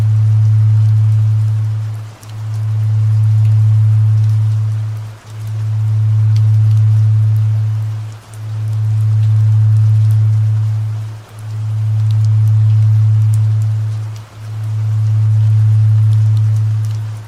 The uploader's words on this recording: Epsilon waves + rain. This audio features sepsilon waves and rain noise.